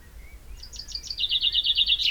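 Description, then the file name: Common chaffinch song fragment: a rapid series of high clipped notes, lower and louder in its second half. "Fringilla coelebs"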